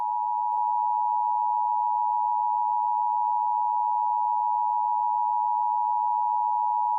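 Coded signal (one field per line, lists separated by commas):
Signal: Emergency Alert System (SAME) tones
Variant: 853 and 960 Hz attention tone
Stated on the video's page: Fictional mock EAS scenario about Witherstorm attacks, a 4th of July special.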